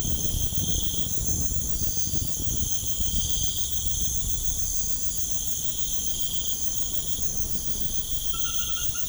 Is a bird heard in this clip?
no